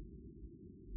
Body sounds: neck accelerometer signal played as sound; no cough (speech, laughter, throat clearing or background)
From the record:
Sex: female

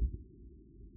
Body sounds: neck accelerometer signal played as sound; no cough (speech, laughter, throat clearing or background)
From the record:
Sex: male

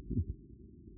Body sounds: neck accelerometer signal played as sound; no cough (speech, laughter, throat clearing or background)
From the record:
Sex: male

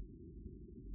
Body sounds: neck accelerometer signal played as sound; no cough (speech, laughter, throat clearing or background)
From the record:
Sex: male

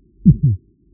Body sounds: neck accelerometer signal played as sound; voluntary cough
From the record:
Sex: male

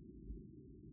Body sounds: neck accelerometer signal played as sound; no cough (speech, laughter, throat clearing or background)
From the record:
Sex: female

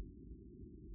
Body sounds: neck accelerometer signal played as sound; no cough (speech, laughter, throat clearing or background)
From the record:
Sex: female

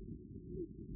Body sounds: neck accelerometer signal played as sound; no cough (speech, laughter, throat clearing or background)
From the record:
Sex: female

